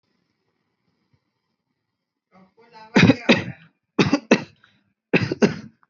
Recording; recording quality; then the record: shallow voluntary cough; moderate, slight background noise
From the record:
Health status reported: healthy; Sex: male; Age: 26 years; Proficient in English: yes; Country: India